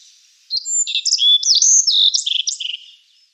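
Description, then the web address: Black-faced bunting song: one hurried phrase of about two and a half seconds, high varied chirps and slurred notes ending in short buzzy trills, on a quiet background. "Schulze Peter Black-faced Bunting song"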